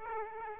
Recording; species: mosquito wingbeat signal from an infrared sensor; Aedes aegypti